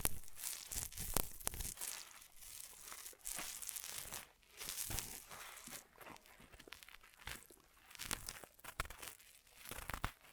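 Ear massage triggers fill the clip with dense, irregular rustling and crinkling, bright and hissy, with sharp crackly bursts every second or so. The loudness swells and dips unevenly, with brief quieter gaps around four and six seconds.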